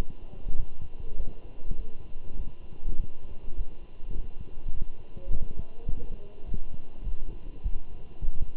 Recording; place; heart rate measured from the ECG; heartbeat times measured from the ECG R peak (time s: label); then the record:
heart sounds by stethoscope; between the tricuspid and mitral areas; 102 bpm
0.57 s: heartbeat
1.18 s: heartbeat
1.77 s: heartbeat
2.37 s: heartbeat
2.98 s: heartbeat
3.56 s: heartbeat
4.15 s: heartbeat
4.73 s: heartbeat
5.31 s: heartbeat
5.87 s: heartbeat
6.45 s: heartbeat
7.05 s: heartbeat
7.63 s: heartbeat
8.21 s: heartbeat
From the record:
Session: walking at 3.7 km/h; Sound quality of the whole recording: good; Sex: male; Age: 24 years